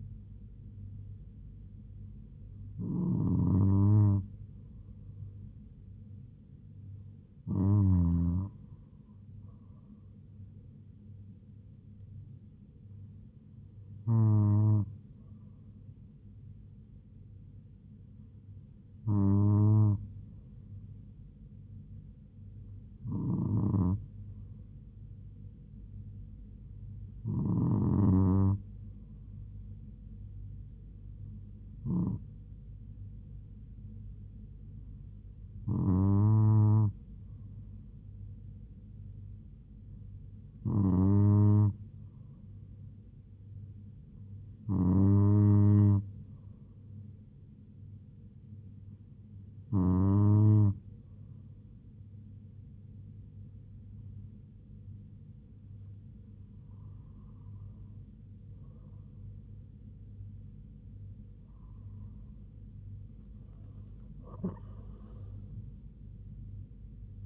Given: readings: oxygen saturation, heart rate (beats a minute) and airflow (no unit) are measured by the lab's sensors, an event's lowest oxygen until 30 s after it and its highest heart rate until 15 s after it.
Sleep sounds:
breathing in sleep by a smartphone at the bedside; 1
28.00-58.30 s: hypopnea (N2, oxygen 97% highest, then 96% lowest, heart rate 75 at the start, 80 highest)
From the record:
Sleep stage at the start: N2 (light sleep); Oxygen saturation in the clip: 96 to 97%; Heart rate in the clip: 71 to 80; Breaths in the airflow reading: 14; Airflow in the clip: -7.1 to 5.9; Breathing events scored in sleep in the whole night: 158 in 7.3 hours asleep

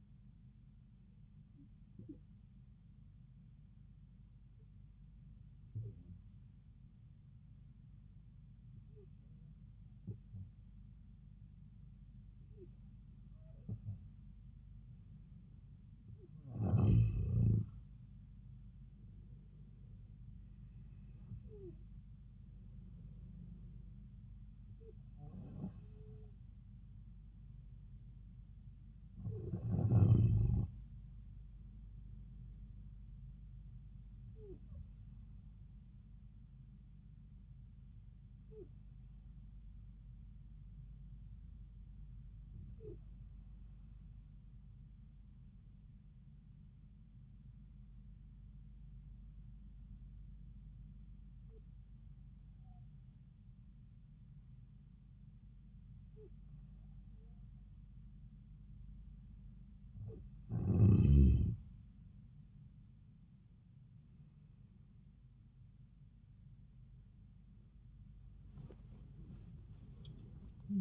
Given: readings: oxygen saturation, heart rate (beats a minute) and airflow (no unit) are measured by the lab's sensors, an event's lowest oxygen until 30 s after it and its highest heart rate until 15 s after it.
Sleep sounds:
breathing in sleep by a smartphone at the bedside; 2
7.00-22.60 s: hypopnea (N2, oxygen 94% highest, then 91% lowest)
46.00-62.20 s: hypopnea (N2, oxygen 95% highest, then 92% lowest)
From the record:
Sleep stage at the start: N2 (light sleep); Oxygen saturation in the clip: 91 to 95%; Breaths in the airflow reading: 16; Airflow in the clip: -6.0 to 6.3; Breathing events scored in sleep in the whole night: 270 in 6.1 hours asleep

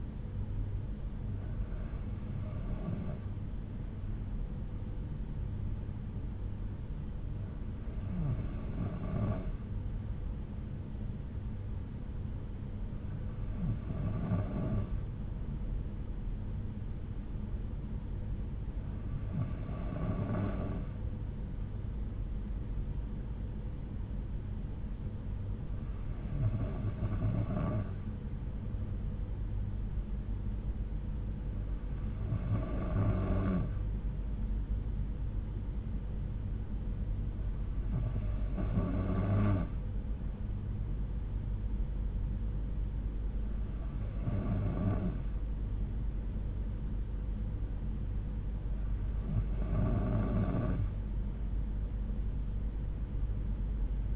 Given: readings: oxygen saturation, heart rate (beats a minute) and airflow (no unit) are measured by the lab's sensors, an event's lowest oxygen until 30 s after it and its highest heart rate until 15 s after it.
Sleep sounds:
breathing in sleep by a smartphone at the bedside; none
13.00-43.00 s: new sleep stage, N2 (light sleep)
43.00-54.16 s: new sleep stage, N3 (deep sleep)
From the record:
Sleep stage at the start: N3 (deep sleep); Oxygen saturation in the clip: 92%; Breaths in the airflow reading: 9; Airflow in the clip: -5.4 to 4.3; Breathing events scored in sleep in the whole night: 368 in 8.0 hours asleep

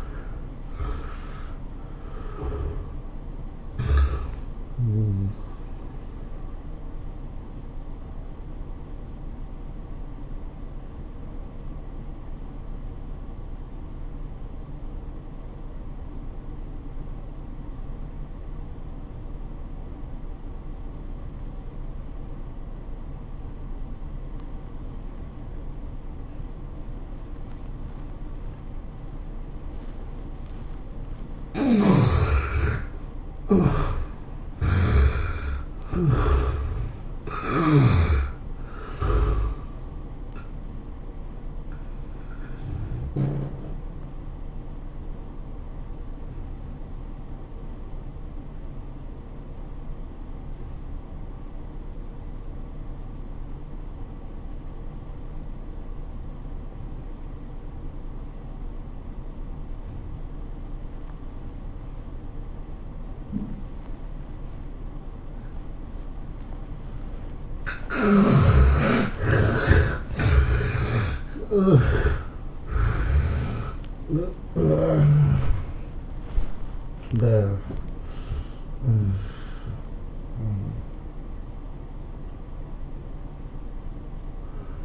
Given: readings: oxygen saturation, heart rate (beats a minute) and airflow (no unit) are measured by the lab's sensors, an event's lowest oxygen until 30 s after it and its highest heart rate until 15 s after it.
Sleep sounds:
breathing in sleep by a smartphone at the bedside; 2
11.00-33.50 s: obstructive apnea (N1, oxygen 97% highest, then 72% lowest, heart rate 95 at the start, 107 highest)
48.00-68.70 s: obstructive apnea (N1, oxygen 95% highest, then 71% lowest, heart rate 91 at the start, 110 highest)
From the record:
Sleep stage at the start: N1 (lightest sleep); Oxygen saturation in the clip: 72 to 97%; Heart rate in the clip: 84 to 110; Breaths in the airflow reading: 12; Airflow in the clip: -19.7 to 17.4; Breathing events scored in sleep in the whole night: 403 in 5.5 hours asleep

